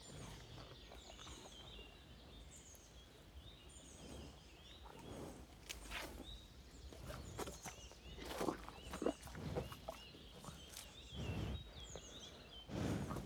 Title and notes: Le Mazeau, France - REPAS DE VACHE. VACHE MANGE ET SOUFFLE_MARAIS POITEVIN_09H20. En grande proximité, repas d'une vache dans les Marais. Curieuse, son souffle en proximité est fort chaleureux